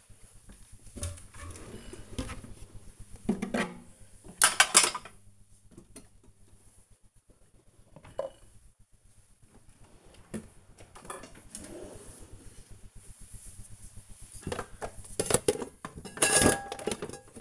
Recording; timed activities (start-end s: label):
household activities, microphone on the right wrist
0.00-17.41 s: putting away the dishes